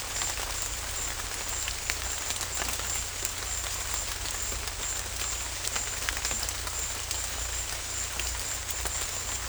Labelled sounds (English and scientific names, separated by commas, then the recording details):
none
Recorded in secondary vegetation near Puerto Asís, Putumayo, Colombia, on 18 December 2024 at 16:00
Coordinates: 0.488, -76.319
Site GP04